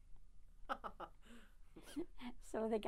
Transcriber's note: laughs